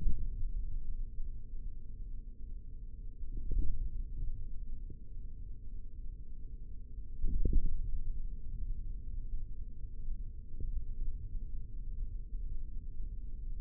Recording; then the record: forearm muscle sounds (acoustic myography)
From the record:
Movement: index flexion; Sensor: system 3, bracelet of six PUI Audio POM-2738L microphones around the upper forearm, with dedicated amplification and filtering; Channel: 3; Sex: male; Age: 25 years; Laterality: right